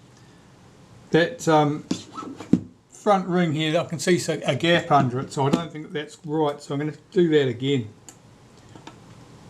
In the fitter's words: Something is not seated all the way.